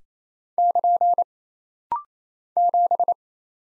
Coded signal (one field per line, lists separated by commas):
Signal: Morse code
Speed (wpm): 27 wpm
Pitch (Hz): 700 Hz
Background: none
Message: <KN> 7